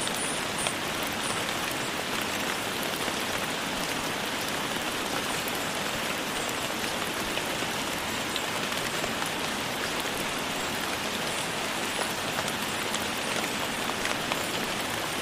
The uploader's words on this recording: Spring Rain Sounds Relaxing White Noise.